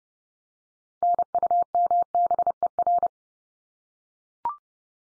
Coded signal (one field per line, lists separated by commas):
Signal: Morse code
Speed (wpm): 30 wpm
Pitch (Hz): 700 Hz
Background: none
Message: NUMBER